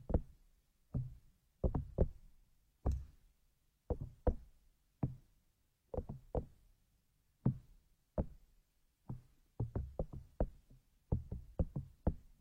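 Ear picking produces a series of dull, thudding knocks with low, muffled bodies and brief clicky tops. They come in irregular pairs and clusters about every half second to a second, growing busier and more rapid after the ninth second, with near silence between hits.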